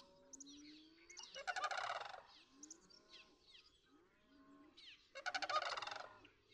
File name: Sandhill Crane